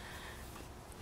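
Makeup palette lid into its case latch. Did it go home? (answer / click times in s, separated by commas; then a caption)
no / none. Someone presses the plastic lid of a Graftobian HD Warm foundation makeup palette down toward its case latch. Only a steady, breathy low-level noise is heard, with a faint brief tap at 0.9 s. The lid fails to snap shut, and nothing has latched or clicked yet.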